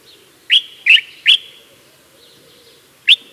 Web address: Common Bulbul Song